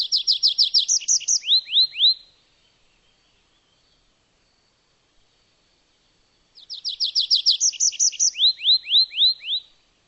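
Bird singing a rapid high trill that runs into several descending slurred notes. The same phrase returns after roughly four seconds of near silence.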